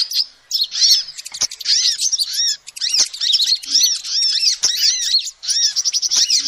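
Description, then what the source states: Lovebird chatter: shrill, scratchy chirps and arched squeaks in quick bursts separated by short gaps, with a few sharp clicks. Recording used as a lure to trap birds.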